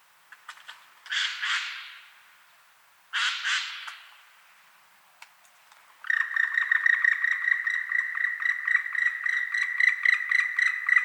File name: Dryocopus martius